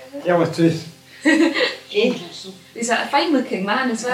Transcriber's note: laughs